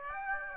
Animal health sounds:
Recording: mosquito wingbeat signal from an infrared sensor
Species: Aedes aegypti

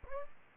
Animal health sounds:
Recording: mosquito wingbeat signal from an infrared sensor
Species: Aedes aegypti

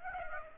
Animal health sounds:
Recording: mosquito wingbeat signal from an infrared sensor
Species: Aedes aegypti

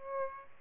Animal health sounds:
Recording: mosquito wingbeat signal from an infrared sensor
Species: Aedes albopictus

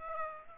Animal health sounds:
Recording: mosquito wingbeat signal from an infrared sensor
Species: Aedes aegypti

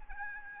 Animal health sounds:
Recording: mosquito wingbeat signal from an infrared sensor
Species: Aedes albopictus

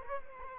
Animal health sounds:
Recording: mosquito wingbeat signal from an infrared sensor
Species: Culex quinquefasciatus

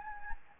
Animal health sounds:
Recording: mosquito wingbeat signal from an infrared sensor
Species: Anopheles gambiae

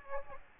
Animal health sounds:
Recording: mosquito wingbeat signal from an infrared sensor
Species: Aedes aegypti

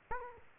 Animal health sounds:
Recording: mosquito wingbeat signal from an infrared sensor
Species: Aedes aegypti

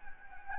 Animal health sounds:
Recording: mosquito wingbeat signal from an infrared sensor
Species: Anopheles gambiae

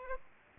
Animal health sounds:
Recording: mosquito wingbeat signal from an infrared sensor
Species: Aedes aegypti

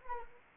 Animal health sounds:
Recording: mosquito wingbeat signal from an infrared sensor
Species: Anopheles arabiensis

